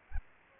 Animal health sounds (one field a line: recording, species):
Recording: mosquito wingbeat signal from an infrared sensor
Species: Aedes albopictus